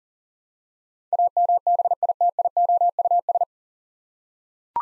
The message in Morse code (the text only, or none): AMBITIOUS